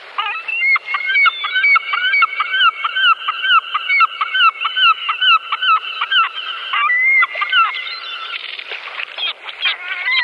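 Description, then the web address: Iceland gull calls: rapid series of harmonic yelping notes, about two per second, sometimes overlapping, with a rougher burst of calls near the end. Calls of an immature bird. "Schulze Peter Iceland Gull calls immature"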